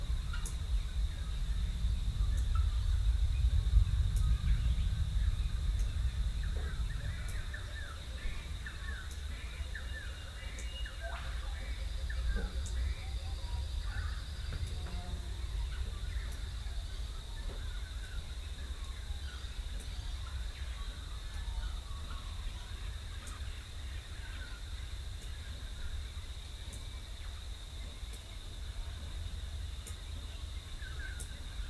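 A dawn chorus in the small town of Rathdowney, Queensland: many birds chirp and call at once, scattered through the whole clip over a constant high insect-like whine. A low rumble sits underneath, strongest in the first few seconds, with faint sharp clicks recurring throughout.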